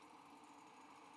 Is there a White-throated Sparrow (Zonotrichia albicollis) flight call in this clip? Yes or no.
no